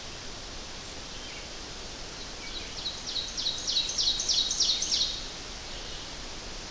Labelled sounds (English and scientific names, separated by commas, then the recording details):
Ovenbird (Seiurus aurocapilla) song
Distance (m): 40 m
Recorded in boreal forest in Alberta, Canada, on 12 June 2016 at 05:44
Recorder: SongMeter 3, array SBT-3-18
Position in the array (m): 151 m, 225 m
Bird 30